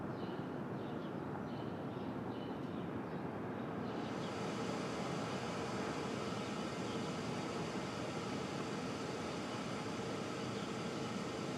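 Street traffic rumbles in open air, a dense, steady low roar with no gaps. Around four seconds a brighter hiss swells in, like a vehicle, and stays to the end over the constant wash of traffic.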